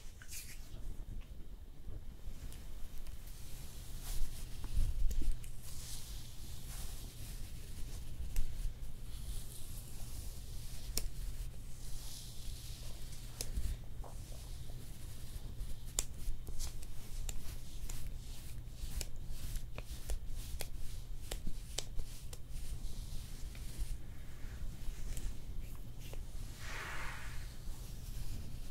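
Hand massage and nail care, heard as a steady low hum underneath soft rubbing and brushing. Frequent sharp little clicks and taps scatter throughout, thickest after the middle. A brief swishing stroke stands out near the end.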